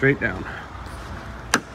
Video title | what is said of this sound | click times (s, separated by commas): GX470 - Window Belt Molding Replacement | and you'll hear each one of these snap into place | 1.5 s